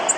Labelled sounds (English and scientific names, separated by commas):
Golden-cheeked Warbler (Setophaga chrysoparia) flight call